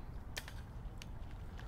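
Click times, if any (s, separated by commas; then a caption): 0.4 s. A plastic, phone-sized tablet mounting frame is pressed into the device holder bracket of a DJI Mavic 2 Pro drone remote controller. It snaps in sharply at 0.4 s, followed by a few smaller clicks and taps. The frame seats firmly and holds solid.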